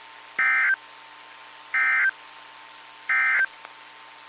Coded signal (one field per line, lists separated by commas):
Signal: Emergency Alert System (SAME) tones